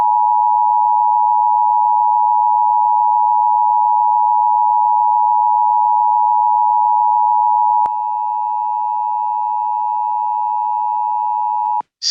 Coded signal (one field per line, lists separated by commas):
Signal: Emergency Alert System (SAME) tones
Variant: 853 and 960 Hz attention tone